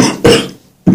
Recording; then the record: coughing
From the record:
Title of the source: Spring Cold Coughing 3